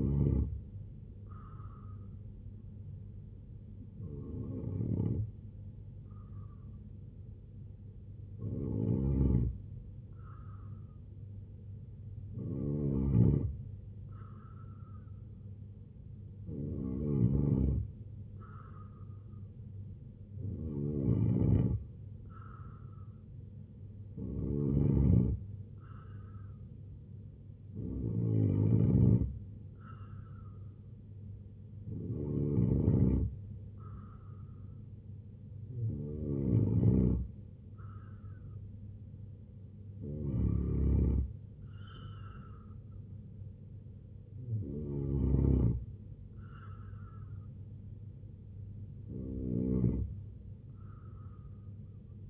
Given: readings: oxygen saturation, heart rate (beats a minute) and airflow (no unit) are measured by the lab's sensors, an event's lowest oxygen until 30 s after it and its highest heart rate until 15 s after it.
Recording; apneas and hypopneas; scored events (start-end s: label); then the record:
breathing in sleep by a smartphone at the bedside; 1
3.00-21.00 s: hypopnea (N2, oxygen 92% highest, then 88% lowest, heart rate 72 at the start, 81 highest)
From the record:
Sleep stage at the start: N2 (light sleep); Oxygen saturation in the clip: 88 to 92%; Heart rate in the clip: 70 to 81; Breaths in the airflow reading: 12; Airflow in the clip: -3.3 to 5.9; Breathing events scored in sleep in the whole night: 258 in 7.4 hours asleep